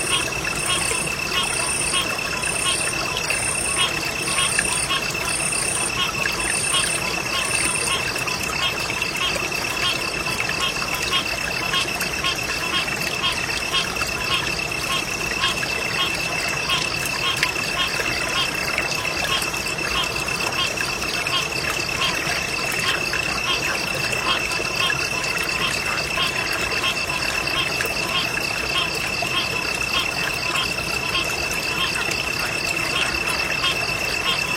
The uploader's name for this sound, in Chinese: 静静的河流蛙虫啼鸣